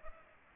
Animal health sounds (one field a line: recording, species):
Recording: mosquito wingbeat signal from an infrared sensor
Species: Culex pipiens